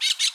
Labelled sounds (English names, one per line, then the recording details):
Brown-throated Parakeet contact call
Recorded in Bonaire
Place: roosting area just N of Seru Largu
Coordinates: 12.199, -68.277